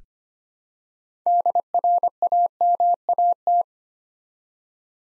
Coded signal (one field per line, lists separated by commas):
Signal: Morse code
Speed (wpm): 25 wpm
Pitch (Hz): 700 Hz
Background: none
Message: DRAMAT